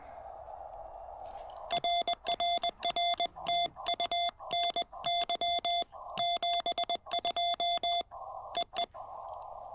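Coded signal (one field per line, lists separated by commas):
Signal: Morse code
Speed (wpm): 20 wpm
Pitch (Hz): 690 Hz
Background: none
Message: RRR TU NY 72 EE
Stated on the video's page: Morse from a POTA park activation with a Ten-Tec R4020 transceiver.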